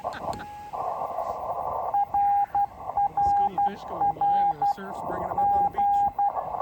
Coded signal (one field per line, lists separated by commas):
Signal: Morse code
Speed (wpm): 12 wpm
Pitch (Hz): 810 Hz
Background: speech, radio noise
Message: RRR G